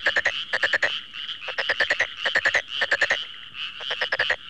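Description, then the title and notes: Frog croaking, fast rattling trains of pulses in quick succession with brief gaps. "NHK Sound Effects Collection Frogs, Crickets, Cicadas, Horses, Dogs. NHK効果音集 カエル・虫・セミ・ウマ・イヌ"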